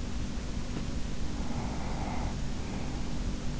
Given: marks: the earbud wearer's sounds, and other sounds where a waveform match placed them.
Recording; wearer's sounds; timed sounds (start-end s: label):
sounds in sleep by an in-ear microphone; breath
1.13-3.55 s: breath